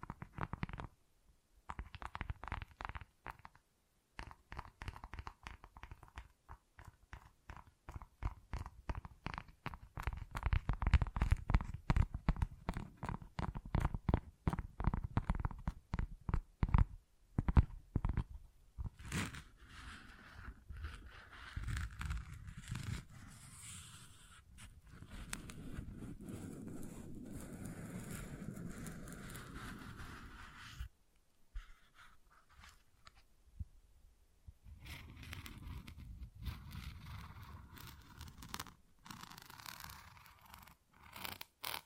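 Tapping and scratching on textured surfaces. The first twenty seconds are rapid, dense taps and scrapes with full low thuds. After that come a steadier rubbing, scratching stretch around 25–30 seconds and sparser, brighter scratches with short pauses.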